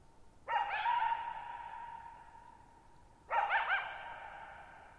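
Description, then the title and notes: Coyote calling with two rough, slightly wavering barks nearly three seconds apart, each dissolving slowly into reverberation against a quiet background. Lone coyote vocalizing at night, July 14, 2019, shallow bowl-shaped meadow, Thirtymile Meadows, Okanogan National Forest, Okanogan High Country, Pacific Northwest, 6400 ft (1950 m), high dry plateau. "Lone Coyote at Thirtymile Meadows. I spent the night of July 14, 2019, camped near Thirtymile Meadows in the Okanogan National Forest at 6400 ft (1950 m)"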